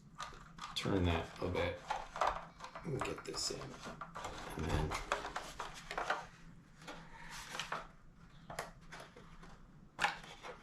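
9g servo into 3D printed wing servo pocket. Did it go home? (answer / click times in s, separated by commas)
no / none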